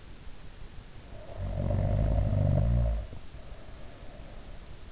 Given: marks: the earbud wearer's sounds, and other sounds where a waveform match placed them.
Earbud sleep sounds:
sounds in sleep by an in-ear microphone; snoring breath
0.91-4.57 s: snoring breath

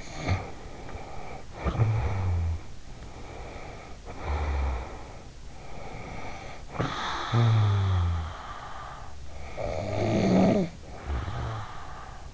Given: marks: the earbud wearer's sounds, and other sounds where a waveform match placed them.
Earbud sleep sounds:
sounds in sleep by an in-ear microphone; snoring breath
0.00-2.91 s: snoring breath
3.01-5.46 s: snoring breath
5.66-9.21 s: snoring breath
9.32-12.34 s: snoring breath

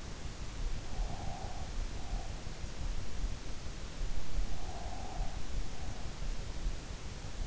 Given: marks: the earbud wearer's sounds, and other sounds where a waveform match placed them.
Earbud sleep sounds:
sounds in sleep by an in-ear microphone; breath
0.56-2.50 s: breath
4.57-6.51 s: breath

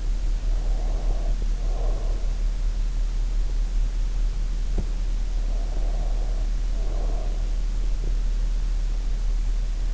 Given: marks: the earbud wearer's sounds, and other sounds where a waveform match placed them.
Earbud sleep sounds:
sounds in sleep by an in-ear microphone; breath
0.00-2.53 s: breath
5.65-7.90 s: breath

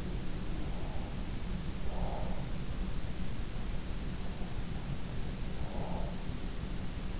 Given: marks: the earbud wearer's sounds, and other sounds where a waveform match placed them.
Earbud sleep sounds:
sounds in sleep by an in-ear microphone; breath
0.62-2.45 s: breath
4.23-6.25 s: breath

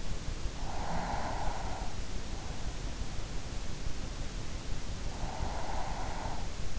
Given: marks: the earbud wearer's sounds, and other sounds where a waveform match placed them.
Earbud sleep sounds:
sounds in sleep by an in-ear microphone; breath
0.17-2.06 s: breath
4.68-6.79 s: breath

